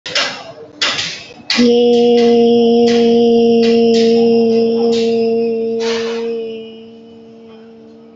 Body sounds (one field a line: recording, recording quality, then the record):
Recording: sustained vowel as in made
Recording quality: excellent, no background noise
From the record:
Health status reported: healthy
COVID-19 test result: negative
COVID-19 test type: RT-PCR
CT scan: not taken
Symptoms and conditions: none ticked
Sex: female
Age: 19 years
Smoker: no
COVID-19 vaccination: both doses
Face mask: worn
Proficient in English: yes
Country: India